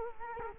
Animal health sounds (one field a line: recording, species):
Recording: mosquito wingbeat signal from an infrared sensor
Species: Culex quinquefasciatus